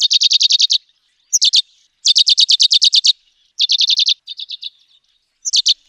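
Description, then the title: Chestnut sparrow calls in fast, high trills of several clipped notes, broken by brief sharp chirps and a softer run of notes, with no background noise. "Aplikasi Suara Burung. Chestnut Sparrow (Passer eminibey)"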